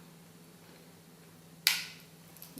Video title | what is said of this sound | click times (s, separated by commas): Zoodle Chef Pro & Zoodle Chef Mini Vegetable Spiralizer demo | hear that clicking so you know you're good | 1.7 s, 2.4 s, 2.6 s